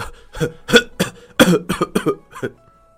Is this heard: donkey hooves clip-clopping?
no